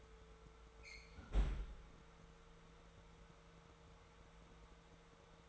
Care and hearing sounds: daily activity, microphone in the room; close fridge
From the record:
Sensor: 3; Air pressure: 1014.9 hPa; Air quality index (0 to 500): 199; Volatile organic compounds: 28 ppm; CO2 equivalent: 2908 ppm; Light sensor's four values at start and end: 38/94/40/43 and 38/94/40/43

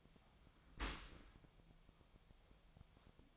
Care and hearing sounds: daily activity, microphone in the room; open dishwasher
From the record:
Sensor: 1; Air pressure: 1006.8 hPa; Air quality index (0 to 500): 208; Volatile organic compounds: 24 ppm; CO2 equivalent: 2798 ppm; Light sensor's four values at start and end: 12/32/12/14 and 12/32/12/14

